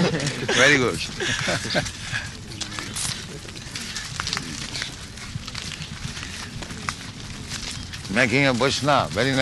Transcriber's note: laughs